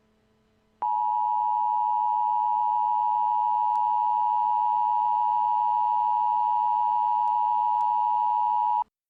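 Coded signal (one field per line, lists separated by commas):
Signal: Emergency Alert System (SAME) tones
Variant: 853 and 960 Hz attention tone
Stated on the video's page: Fictional EAS scenario, a first attempt at making one.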